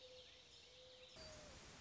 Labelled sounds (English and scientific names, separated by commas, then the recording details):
Mourning Dove (Zenaida macroura)
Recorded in Sonoma County, California